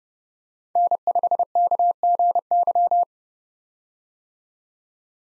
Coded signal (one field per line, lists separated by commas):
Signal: Morse code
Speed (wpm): 31 wpm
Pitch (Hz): 700 Hz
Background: none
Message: N5KGY